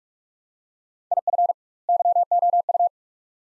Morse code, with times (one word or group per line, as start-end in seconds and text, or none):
1.1-1.5 IF
1.9-2.9 YOU